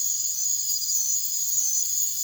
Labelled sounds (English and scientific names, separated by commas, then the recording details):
none
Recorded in secondary vegetation near Puerto Asís, Putumayo, Colombia, on 9 March 2025 at 03:30
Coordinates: 0.489, -76.322
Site G042